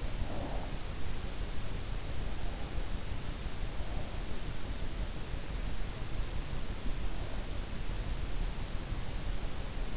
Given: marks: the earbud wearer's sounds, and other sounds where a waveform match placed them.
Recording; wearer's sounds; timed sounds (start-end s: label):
sounds in sleep by an in-ear microphone; breath
0.00-0.77 s: breath